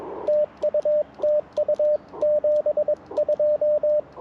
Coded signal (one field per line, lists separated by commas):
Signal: Morse code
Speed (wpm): 22 wpm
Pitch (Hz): 590 Hz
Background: radio noise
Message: TU TU 72